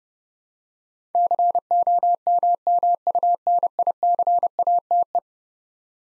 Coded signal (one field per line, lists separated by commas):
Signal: Morse code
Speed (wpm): 30 wpm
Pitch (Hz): 700 Hz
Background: none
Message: COMMUNICATE